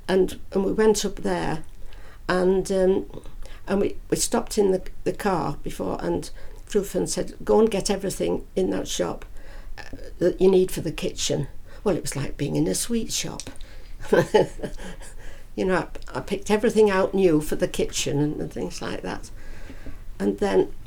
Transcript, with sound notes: And we went up there and, and we, we stopped in the car before and Fru Fønss and said, go and get everything in that shop you need for the kitchen. Well, it was like being in a sweetshop. [laughs] You know, I picked everything out new for the kitchen and things like that. And then…